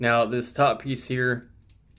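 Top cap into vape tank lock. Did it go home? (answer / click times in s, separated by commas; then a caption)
no / none. Someone talks while handling the top cap of the tank on a VivaKita Fusion II 50W all-in-one vape mod, a piece that turns and clicks into a locking safety mechanism. After the talking stops, only faint, quiet ticks are heard at about 1.7 and 2.0 seconds. The cap has not clicked or locked into place yet.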